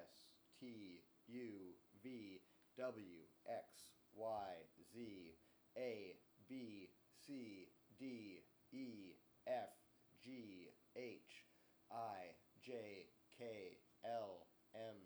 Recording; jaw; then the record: letters of the alphabet, spoken; free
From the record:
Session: seven days later